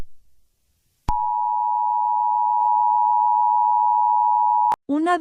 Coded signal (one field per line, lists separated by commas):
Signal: Emergency Alert System (SAME) tones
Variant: 853 and 960 Hz attention tone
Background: speech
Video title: The bombing(a Jurassic Park novel eas scenario) along horror